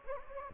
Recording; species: mosquito wingbeat signal from an infrared sensor; Anopheles gambiae